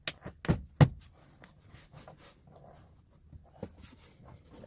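On the passenger side of a Toyota Prius, during hybrid battery cooling fan service, a plastic trim panel clip is pushed home into the car body over the hybrid battery. It seats with a loud snap at 0.1 s, followed by a few more sharp knocks around 0.5 s and 0.8 s and fainter handling noises. Someone talks.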